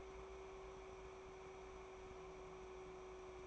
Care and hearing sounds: daily activity, microphone in the room; take from stove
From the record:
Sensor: 1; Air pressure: 1010.3 hPa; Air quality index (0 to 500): 171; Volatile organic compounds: 12 ppm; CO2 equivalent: 2362 ppm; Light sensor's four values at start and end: 65/162/69/86 and 65/162/69/86

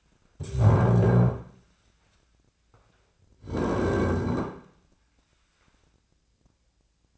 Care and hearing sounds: daily activity, microphone in the room; stand up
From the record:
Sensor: 2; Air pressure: 1009.1 hPa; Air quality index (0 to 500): 178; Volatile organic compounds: 2 ppm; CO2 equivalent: 1297 ppm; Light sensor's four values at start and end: 29/76/33/35 and 32/85/36/38

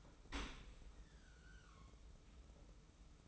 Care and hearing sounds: daily activity, microphone in the room; open dishwasher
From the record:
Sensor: 1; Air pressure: 991.3 hPa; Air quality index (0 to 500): 123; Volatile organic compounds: 258 ppm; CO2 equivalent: 4382 ppm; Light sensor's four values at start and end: 41/128/51/52 and 41/128/51/52

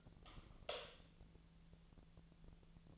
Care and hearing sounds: daily activity, microphone in the room; light off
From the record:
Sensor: 4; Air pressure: 1000.8 hPa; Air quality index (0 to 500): 124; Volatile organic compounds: 1 ppm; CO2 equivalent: 928 ppm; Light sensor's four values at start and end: 34/85/35/38 and 31/75/31/34

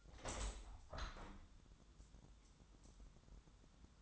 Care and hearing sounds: daily activity, microphone in the room; open window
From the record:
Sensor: 3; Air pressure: 1000.4 hPa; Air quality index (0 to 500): 137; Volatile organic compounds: 2 ppm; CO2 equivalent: 1192 ppm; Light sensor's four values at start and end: 14/36/14/16 and 14/38/15/17

